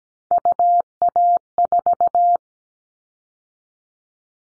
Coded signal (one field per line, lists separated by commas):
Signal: Morse code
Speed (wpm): 17 wpm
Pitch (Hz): 700 Hz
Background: none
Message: UA4